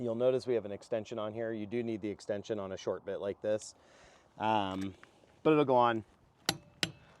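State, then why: Torque reached. A click-type torque wrench from Home Depot, fitted with an extension over a short bit, is put on a lug nut of an Airstream Flying Cloud trailer wheel and pulled. Someone talks first, then sharp metallic clicks ring out near the end, with the wrench's click at 6.8 s marking that the lug nut is torqued appropriately.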